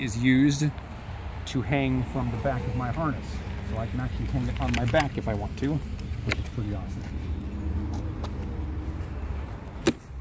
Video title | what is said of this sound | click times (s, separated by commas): My Captain America Costume | you hear that click it ain't coming off and you can't even pull it off either | 9.9 s